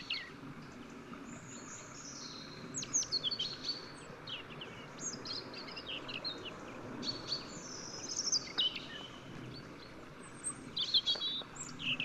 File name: Erithacus rubecula